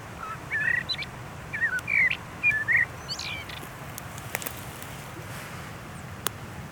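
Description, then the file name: Common blackbird calls: a quick series of short squeaky slurred notes over about three seconds, followed by faint clicks against a low, steady rumbling background. "Turdus merula"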